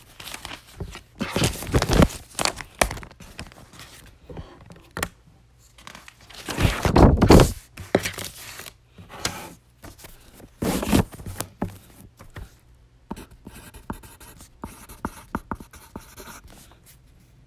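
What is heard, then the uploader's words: Pencil strokes scratch across paper in bursts, with louder, denser scribbles around two, seven and eleven seconds and lighter taps and short marks between them. Faint rustling sits behind it as the page shifts. ASMR Pencil. No talking.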